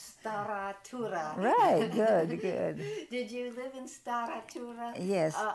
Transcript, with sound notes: Stara Tura. [chuckles]
Right, good. Good.
Did you live in Stara Tura —
Yes.